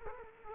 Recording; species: mosquito wingbeat signal from an infrared sensor; Culex quinquefasciatus